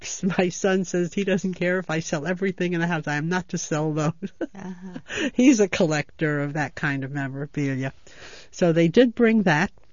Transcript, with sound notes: My sons says he doesn't care if I sell everything in the house, I am not to sell those. ( she laughs ) He's a collector of that kind of memorabilia. So they did bring that.